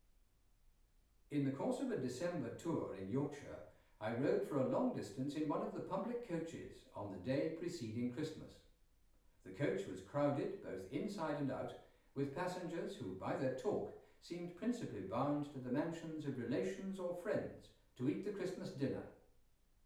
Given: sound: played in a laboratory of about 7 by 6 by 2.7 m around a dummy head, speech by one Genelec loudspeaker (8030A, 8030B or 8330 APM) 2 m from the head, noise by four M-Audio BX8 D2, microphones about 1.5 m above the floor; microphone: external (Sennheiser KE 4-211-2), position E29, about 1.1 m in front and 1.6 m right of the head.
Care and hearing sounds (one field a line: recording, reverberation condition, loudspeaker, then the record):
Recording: male speech in English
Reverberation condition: medium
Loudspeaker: 90 degrees to the left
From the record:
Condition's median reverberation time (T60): about 510 ms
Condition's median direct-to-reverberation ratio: about -0.5 dB